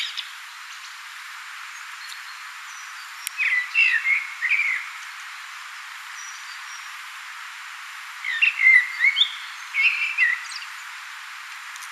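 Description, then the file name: Common blackbird: after a few quiet seconds, warbling fluty song phrases that mix low whistles with brief high squeaks. "Turdus merula"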